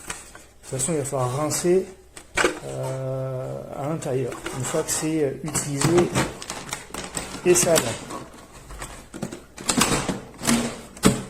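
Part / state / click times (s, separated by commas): water tank into upholstery carpet cleaner body / seated / 9.7 s, 10.5 s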